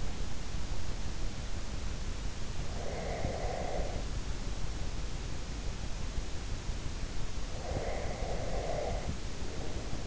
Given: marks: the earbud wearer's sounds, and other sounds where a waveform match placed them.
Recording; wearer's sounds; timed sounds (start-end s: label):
sounds in sleep by an in-ear microphone; breath
2.47-4.34 s: breath
7.55-10.06 s: breath